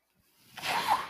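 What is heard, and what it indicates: After a brief quiet start, a soft airy rush swells over about half a second, with a faint whistling tone near its peak and then tapering. This is a home mechanical ventilator pushing air in during a delivered breath.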